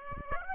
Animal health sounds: mosquito wingbeat signal from an infrared sensor; Aedes aegypti

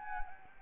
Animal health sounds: mosquito wingbeat signal from an infrared sensor; Anopheles arabiensis

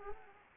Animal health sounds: mosquito wingbeat signal from an infrared sensor; Anopheles arabiensis

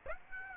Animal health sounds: mosquito wingbeat signal from an infrared sensor; Aedes aegypti

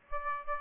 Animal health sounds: mosquito wingbeat signal from an infrared sensor; Aedes aegypti

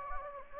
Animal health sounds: mosquito wingbeat signal from an infrared sensor; Anopheles gambiae

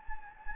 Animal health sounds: mosquito wingbeat signal from an infrared sensor; Anopheles gambiae

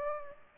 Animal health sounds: mosquito wingbeat signal from an infrared sensor; Aedes aegypti

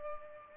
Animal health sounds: mosquito wingbeat signal from an infrared sensor; Culex pipiens

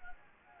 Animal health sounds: mosquito wingbeat signal from an infrared sensor; Anopheles gambiae

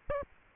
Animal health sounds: mosquito wingbeat signal from an infrared sensor; Aedes aegypti

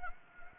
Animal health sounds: mosquito wingbeat signal from an infrared sensor; Anopheles gambiae

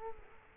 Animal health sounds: mosquito wingbeat signal from an infrared sensor; Culex quinquefasciatus

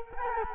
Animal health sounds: mosquito wingbeat signal from an infrared sensor; Culex quinquefasciatus

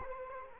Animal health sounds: mosquito wingbeat signal from an infrared sensor; Culex quinquefasciatus

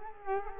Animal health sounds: mosquito wingbeat signal from an infrared sensor; Culex quinquefasciatus

